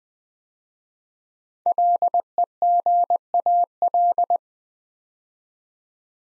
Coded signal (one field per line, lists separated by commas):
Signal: Morse code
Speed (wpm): 20 wpm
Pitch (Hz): 700 Hz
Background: none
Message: LEGAL